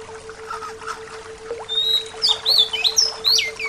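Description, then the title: Bird gives a quick series of high twisting whistles and chirps in the second half, over a hissy background and steady low hum. "SuaraBurung Kicau"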